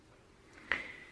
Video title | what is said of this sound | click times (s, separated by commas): BSE Model 19-15 G2 Assembly Instructions | and push against the Magazine spring tension until it clicks into place | 0.7 s